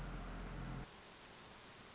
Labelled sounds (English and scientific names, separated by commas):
Red-shouldered Hawk (Buteo lineatus)